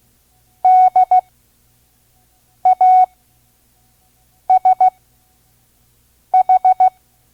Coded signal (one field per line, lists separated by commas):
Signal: Morse code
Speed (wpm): 16 wpm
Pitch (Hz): 740 Hz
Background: none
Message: DASH